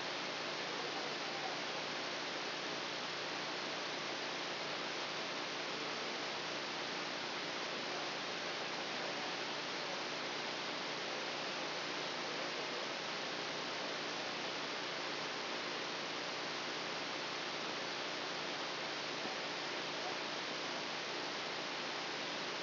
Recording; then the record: brain microelectrode recording played as sound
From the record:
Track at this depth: outside the subthalamic nucleus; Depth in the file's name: 5.305 mm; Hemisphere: left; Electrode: 2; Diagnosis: Parkinson's disease